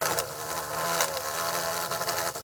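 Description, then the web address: Wasp wing buzz, a dense, steady droning hum with slight wavering in loudness, running unbroken throughout before stopping abruptly. Wasp attacking, with buzzing wings in flight. "Blastwave INSECTS Wasp Attack"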